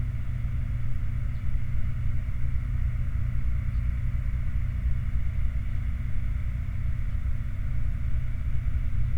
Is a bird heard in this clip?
yes